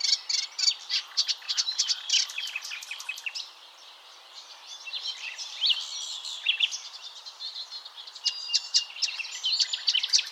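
Warbler song, bursts of rapid high chips and trills, a short lull midway, then more twittering phrases.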